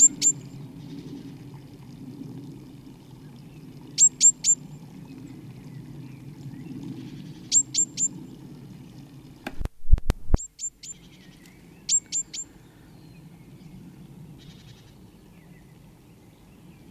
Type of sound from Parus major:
call